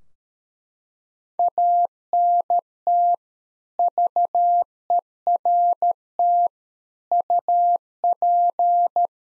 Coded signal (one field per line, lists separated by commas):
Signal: Morse code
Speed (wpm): 13 wpm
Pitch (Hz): 700 Hz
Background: none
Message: ANT VERT UP